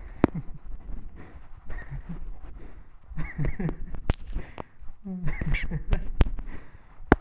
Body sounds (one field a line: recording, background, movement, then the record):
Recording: laughter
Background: quiet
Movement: walking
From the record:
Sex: male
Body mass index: 20.5 kg/m2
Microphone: on the chest, facing the body